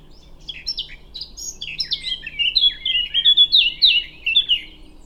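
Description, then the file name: Eurasian blackcap song: a quiet scratchy chattering warble that swells after about two seconds into loud, clear fluted phrases. "Sylvia atricapilla"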